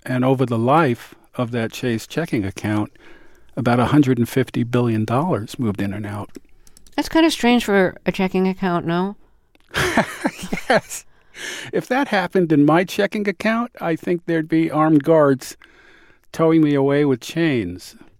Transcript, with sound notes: and over the life of that Chase checking account, about $150 billion moved in and out.
That's kind of strange for a checking account, no?
(Laughter) Yes. If that happened in my checking account, I think there'd be armed guards towing me away with chains,